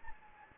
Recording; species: mosquito wingbeat signal from an infrared sensor; Anopheles gambiae